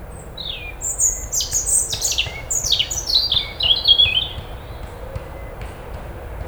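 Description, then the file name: European robin song: a rapid run of high sweet notes, many sliding downward, tumbling over each other for several seconds. "Erithacus rubecula"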